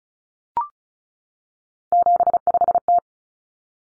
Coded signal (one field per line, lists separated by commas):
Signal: Morse code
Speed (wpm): 34 wpm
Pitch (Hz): 700 Hz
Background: none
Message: 75T